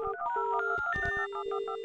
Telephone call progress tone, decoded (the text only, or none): special information tone